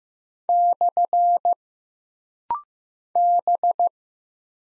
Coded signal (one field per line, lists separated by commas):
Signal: Morse code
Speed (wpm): 15 wpm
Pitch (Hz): 700 Hz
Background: none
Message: / B